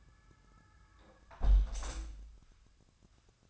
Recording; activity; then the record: daily activity, microphone in the room; close window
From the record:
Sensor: 2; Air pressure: 1004.5 hPa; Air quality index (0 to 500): 99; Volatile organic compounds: 2 ppm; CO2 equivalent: 1194 ppm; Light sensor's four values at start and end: 6/14/6/6 and 6/14/5/5